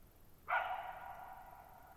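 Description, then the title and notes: Coyote giving a single abrupt bark that fades slowly into a long echo against a quiet background. Lone coyote at night, July 14, 2019, Thirtymile Meadows, Okanogan National Forest (Okanogan High Country), Pacific Northwest, 6400 ft; high, mostly dry plateau among tall mountains; shallow bowl-shaped meadows over boggy ground. "Lone Coyote at Thirtymile Meadows. I spent the night of July 14, 2019, camped near Thirtymile Meadows in the Okanogan National Forest at 6400 ft (1950 m)"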